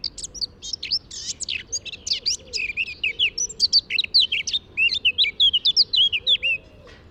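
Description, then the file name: Eurasian blackcap song: a fast, continuous scratchy warble of high twittering notes with clear whistled phrases, running for the whole stretch, with faint low whistles beneath. "Sylvia atricapilla"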